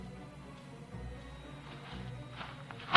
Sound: blanket rustles; footsteps over carpet

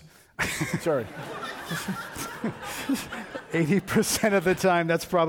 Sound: laughter

